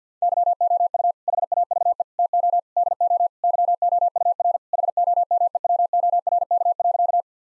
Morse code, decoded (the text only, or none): YOU HAVE TO DO YOUR HOMEWORK.